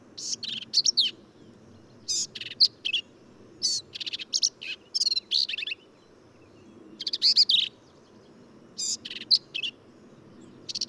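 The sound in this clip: Black-capped vireo delivering lively, harsh phrases in groups of three or four, each a jumble of chattering and buzzy notes, pauses of about a second between groups.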